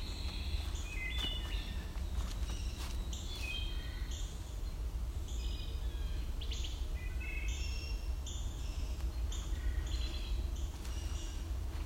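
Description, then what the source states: Wood thrush song: several clear fluted, whistled phrases over a steady low rumble. Heard in old growth forest with a spicebush understory beneath the canopy.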